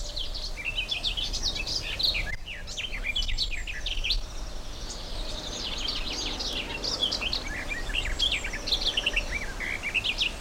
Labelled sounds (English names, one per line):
Garden Warbler